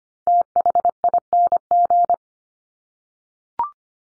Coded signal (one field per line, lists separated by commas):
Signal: Morse code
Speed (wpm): 25 wpm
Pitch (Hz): 700 Hz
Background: none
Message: THING